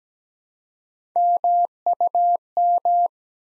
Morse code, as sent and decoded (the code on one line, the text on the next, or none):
-- ..- --
MUM